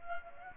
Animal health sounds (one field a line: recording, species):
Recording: mosquito wingbeat signal from an infrared sensor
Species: Culex pipiens